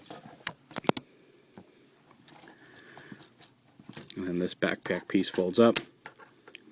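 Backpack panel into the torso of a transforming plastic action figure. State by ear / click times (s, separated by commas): seated / 6.6 s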